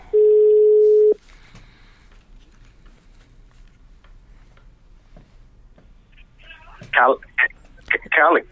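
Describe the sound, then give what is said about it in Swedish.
A telephone call is placed from a radio programme: a steady, mid-pitched dial tone sounds for about a second, then cuts off into several seconds of quiet line hiss before short bursts of a voice come through the phone. “Ska vi ringa lite? Vi provar.”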